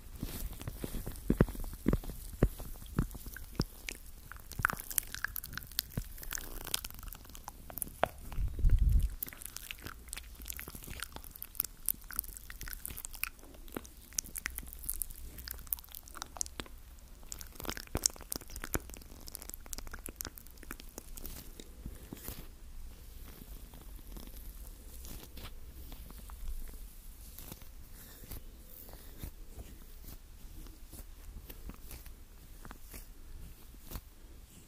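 Super close-up mouth sounds: wet clicks, smacks and crunchy chewing come in quick, irregular bursts. Activity is densest in the first half, with a hard low thump near nine seconds, then thins into sparser, softer clicks over a faint steady hiss.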